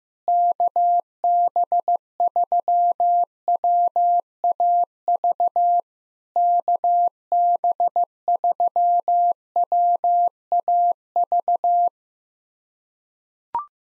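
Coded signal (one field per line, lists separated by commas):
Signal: Morse code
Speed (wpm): 16 wpm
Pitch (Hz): 700 Hz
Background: none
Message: KB3WAV KB3WAV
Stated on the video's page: POTA exchange practice drill in Morse at 15 wpm, each exchange sent, spoken, then sent again.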